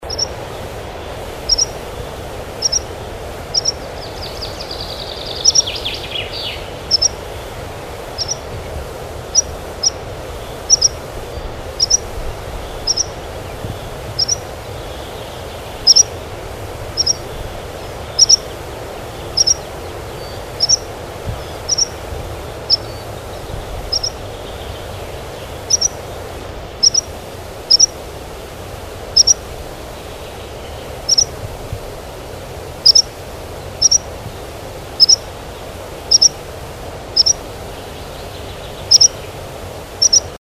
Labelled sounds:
Meadow Pipit call
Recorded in the wild
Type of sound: call
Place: Herzberg am Harz, Niedersachsen, DE
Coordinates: 51.65, 10.34
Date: 1985-06-09
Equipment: Sony WM-D6C, Big Ear
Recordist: Skiba, Reinald
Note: Oderbruch/ Harz

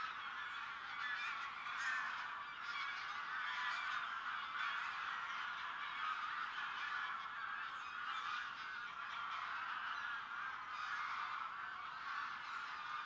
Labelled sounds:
White-tailed Eagle call
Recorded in the wild
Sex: pair
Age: adult
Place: Niederspree, Niederspreer Teichgebiet, Sachsen, DE
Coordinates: 51.3939, 14.8722
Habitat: ponds
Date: 2008-07-31
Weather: heiter, 17°C, windstill
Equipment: Fostex FR2-LE, 2 Sennheiser ME64, Rycote-Windschutz
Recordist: Frommolt, Karl-Heinz

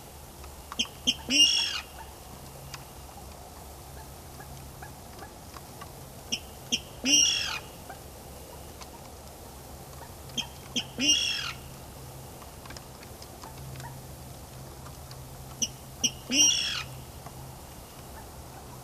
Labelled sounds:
Water Rail courtship call
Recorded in the wild
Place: Auweiher Wört, Baden-Württemberg, DE
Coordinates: 49.0392, 10.2475
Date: 1966-05-02
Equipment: Uher Report 4000, AKG D190
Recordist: Krey, Winfried
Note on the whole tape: Balzrufe

